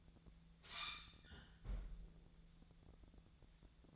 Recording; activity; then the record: daily activity, microphone in the room; close fridge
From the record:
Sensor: 3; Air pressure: 1000.0 hPa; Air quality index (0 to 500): 132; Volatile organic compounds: 2 ppm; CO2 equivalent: 1170 ppm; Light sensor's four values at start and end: 43/110/47/51 and 43/110/47/51